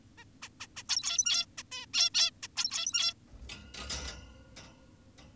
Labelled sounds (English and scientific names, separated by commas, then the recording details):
Zebra Finch (Taeniopygia guttata)
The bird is an adult
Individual g17y2U